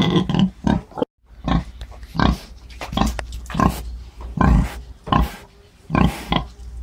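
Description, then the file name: Wild boar grunting in many short, rough bursts, with a brief silent gap near the start. "Cinghiale Maiale (Sus scrofa)"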